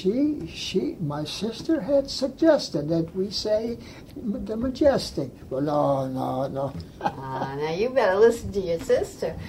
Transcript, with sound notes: She she she -- my sister had suggested that we say the majestic but oh no no (laughs)
Awh now you better listen to your sister.